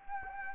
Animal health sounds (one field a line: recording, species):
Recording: mosquito wingbeat signal from an infrared sensor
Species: Anopheles gambiae